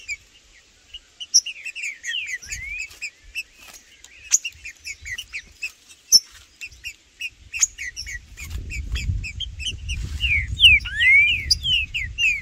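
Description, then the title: Green-winged saltator singing amid a busy chorus of high chirps; clear slurred whistles at the start and again near the end, with a low rumbling noise building in the background. In the bush, singing, calling and giving male challenge calls while disputing with a wild rival. "Trinca Ferro no MATO Cantando e Macheando muito com Solto! Blindado e Tufão no mato"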